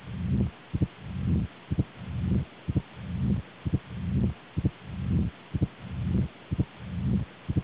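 Low-pitched rumbling murmur fills each long pause between sharp paired heart sounds, at about 62 beats a minute with a fairly regular rhythm. This diastolic rumble with crisp heart sounds fits mitral stenosis, a narrowed mitral valve obstructing filling of the left ventricle.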